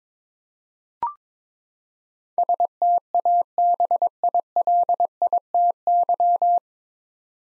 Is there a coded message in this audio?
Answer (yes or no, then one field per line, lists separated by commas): yes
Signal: Morse code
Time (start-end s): 2.4-6.6 s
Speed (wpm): 21 wpm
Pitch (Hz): 700 Hz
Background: none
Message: STABILITY